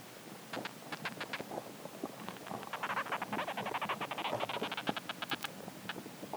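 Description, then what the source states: Garden ant sounds: rapid trains of dry, scratchy clicks in bursts, thickening into a dense rasping run midway, over a soft hiss. Garden ants communicating in soil.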